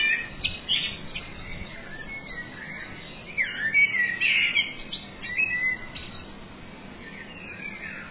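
Bird chirps: quick, sharp twittering notes scattered throughout, coming in short bursts with gaps between them, over a soft constant hiss.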